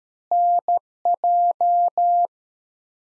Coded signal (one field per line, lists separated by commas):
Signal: Morse code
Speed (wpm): 13 wpm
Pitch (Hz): 700 Hz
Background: none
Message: NJ